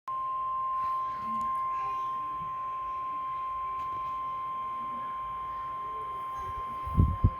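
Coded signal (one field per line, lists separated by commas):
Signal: Emergency Alert System (SAME) tones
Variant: 1050 Hz attention tone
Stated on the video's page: EAS SAME tones for a Required Weekly Test.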